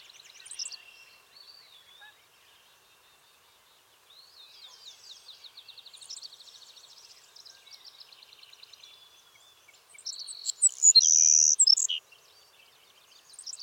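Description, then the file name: Savannah sparrow song near the end: high chips and a strong sizzling buzz. Softer repeated trills and whistled notes come earlier. "Passerculus sandwichensis - Savannah Sparrow"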